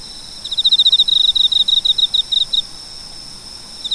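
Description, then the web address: Cricket chirping in a fast run of high, even pulses for about two seconds, then a pause with faint steady hiss, another chirp starting at the end. "sound nature cricket"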